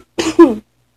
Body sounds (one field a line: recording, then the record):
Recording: coughing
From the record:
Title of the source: 61 morning phlegmy cough...again